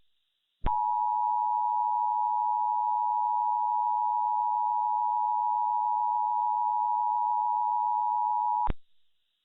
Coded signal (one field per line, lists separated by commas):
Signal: Emergency Alert System (SAME) tones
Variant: 853 and 960 Hz attention tone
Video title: first EAS mock And it is a true story